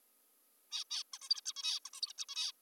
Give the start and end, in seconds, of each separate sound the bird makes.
0.72-0.84, 0.90-1.03, 1.14-1.18, 1.22-1.29, 1.30-1.41, 1.46-1.53, 1.56-1.80, 1.85-1.90, 1.94-2.01, 2.02-2.13, 2.18-2.25, 2.29-2.52